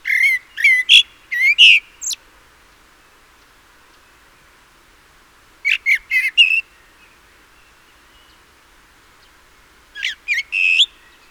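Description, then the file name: Common blackbird song: a full warbled phrase, then two shorter ones about four seconds apart, each of low fluting notes capped with sharp high squeaks. "Turdus merula"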